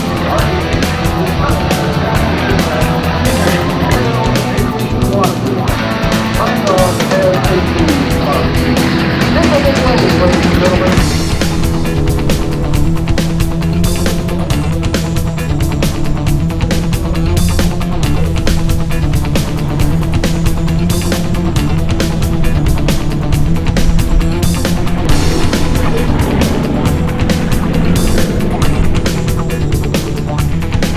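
At an air show, a dense, steady rumble of engines persists throughout, with a shift near ten seconds and indistinct voices mixed in.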